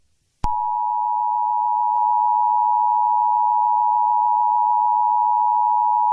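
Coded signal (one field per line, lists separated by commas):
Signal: Emergency Alert System (SAME) tones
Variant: 853 and 960 Hz attention tone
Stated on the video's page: Fictional EAS scenario.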